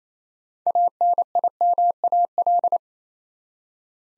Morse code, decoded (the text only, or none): ANIMAL